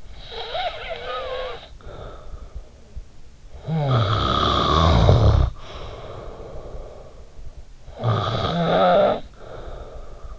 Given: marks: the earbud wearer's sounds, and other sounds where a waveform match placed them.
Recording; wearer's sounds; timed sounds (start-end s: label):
sounds in sleep by an in-ear microphone; snoring breath
0.00-3.08 s: snoring breath
3.37-7.17 s: snoring breath
7.60-10.39 s: snoring breath